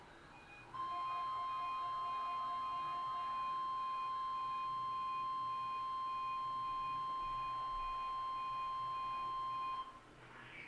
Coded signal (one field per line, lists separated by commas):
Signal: Emergency Alert System (SAME) tones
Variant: 1050 Hz attention tone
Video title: Midland WR-100 V5, RWT, EAS